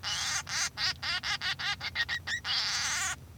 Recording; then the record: song of a male Bengalese finch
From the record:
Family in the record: son of father 3